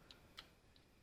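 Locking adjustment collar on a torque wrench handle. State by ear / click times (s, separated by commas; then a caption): not seated / none. The locking adjustment collar on the handle of a Husky 1/4 inch drive torque wrench is turned by hand, giving three short, sharp ticking detent clicks near 0.1, 0.4 and 0.8 seconds, the middle one loudest. The collar has not yet popped back into its locked position; nothing has seated or clicked home yet.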